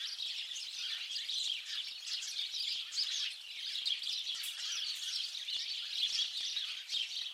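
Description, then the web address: Birds chirping in a dense, continuous chorus of high, twittering notes that overlap throughout, with no other clear sounds. "Deverinetal 2025. Bird Only"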